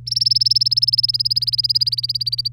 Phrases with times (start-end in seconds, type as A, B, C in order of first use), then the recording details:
0.07-2.48 A. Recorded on 3 May 2018 at 10:20. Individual llb3